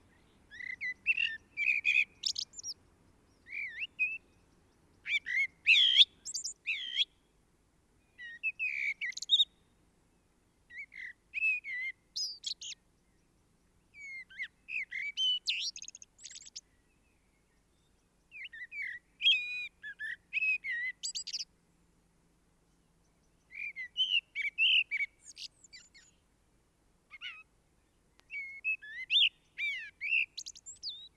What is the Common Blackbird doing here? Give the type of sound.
song